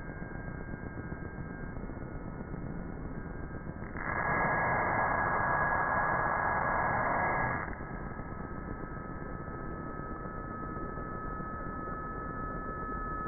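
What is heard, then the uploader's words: Electromagnetic interference from the surroundings makes a steady, low-level buzz with a couple of fixed, thin whining tones held throughout. From about four to nearly eight seconds, a louder, dense rush of static swells in, then cuts back to the same buzz. I've been collecting more Electromagnetic Frequencies or EMF from the local environment - this time scavenging sounds from various sources in the small apartment I live in. The EMF flutters, whistles, tones and crackling like the cryptic calls and cries of insects, birds and animals in an environment. Here in Sydney Australia.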